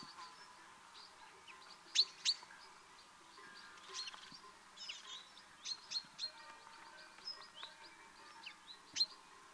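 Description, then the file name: Common chaffinch calls, short sharp high chirps given irregularly: a close pair early, a loose cluster midway and a single loud note near the end, over faint steady hiss. "Fringilla coelebs"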